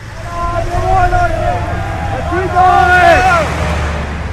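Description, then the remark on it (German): Several insurgents shout, yell and threaten over one another with clubs in rising and falling bursts, loud and agitated, as stones fly during a military training exercise, above a steady low engine rumble from a passing convoy vehicle that runs throughout. “Die Aufständischen schreien und drohen mit Knüppeln, Steine fliegen, Training für den Ernstfall, von dem alle wissen, dass er in Afghanistan jederzeit eintreten kann.”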